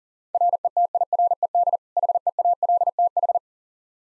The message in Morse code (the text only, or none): RETIRED HEALTH